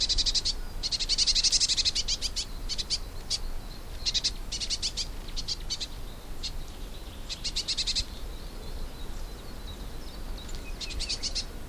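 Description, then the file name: Eurasian blue tit producing repeated fast, scratchy ticking rattles, some bursts longer and louder near the start, against a constant low rumble. "Cyanistes caeruleus"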